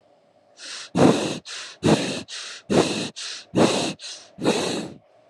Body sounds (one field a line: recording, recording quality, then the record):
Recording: shallow breathing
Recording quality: excellent, no background noise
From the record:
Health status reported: COVID-19 positive, no symptoms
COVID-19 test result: positive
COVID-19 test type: RT-PCR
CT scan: not taken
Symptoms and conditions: none ticked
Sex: female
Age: 22 years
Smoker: no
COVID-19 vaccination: both doses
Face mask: not worn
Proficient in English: yes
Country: India